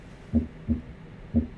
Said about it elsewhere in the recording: We're hearing S1, S2, and a third heart tone the third heart sound that you can hear is a very low pitch sound. The S3 can be physiological or it could be pathological. And the pathological S3 is associated with LV dysfunction.